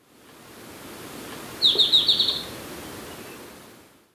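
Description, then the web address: Golden-faced tyrannulet call: one quick, high trill of about six sharp descending notes, lasting under a second against soft steady background noise. Ecuador. "Natures Songs S America Birds of Ecuador Golden-Faced Tyrannulet"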